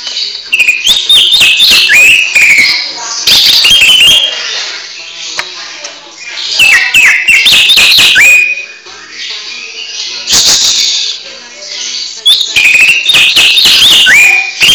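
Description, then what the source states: Greater green leafbird song in repeated phrases of clear downslurred whistles and buzzy chatter, with brief quieter pauses between bursts. Training recording for cage birds (masteran) in the receh song style; local name cucak ijo.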